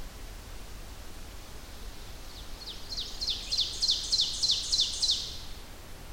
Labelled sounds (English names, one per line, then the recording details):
Ovenbird song
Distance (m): 45 m
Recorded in boreal forest in Alberta, Canada, on 30 June 2016 at 07:05
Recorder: SongMeter 3, array SBT-6-79
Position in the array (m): 214 m, 19 m
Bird 39